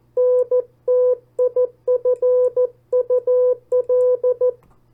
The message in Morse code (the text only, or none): NTIFUL